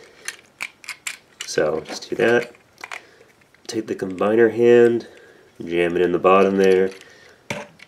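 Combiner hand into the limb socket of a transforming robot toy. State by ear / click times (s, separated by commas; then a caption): seated / 7.5 s. A plastic combiner hand is jammed into the socket at the bottom of the limb of a Transformers Generations Combiner Wars Offroad transforming robot toy, with sharp handling clicks early on while someone talks. A single sharp snap at 7.5 s marks the hand seating in its socket.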